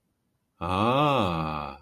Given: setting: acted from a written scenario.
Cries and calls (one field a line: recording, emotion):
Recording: vocal sound without words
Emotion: awe